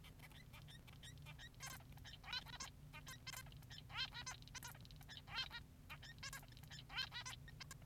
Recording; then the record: song of a male Bengalese finch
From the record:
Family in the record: son of father 3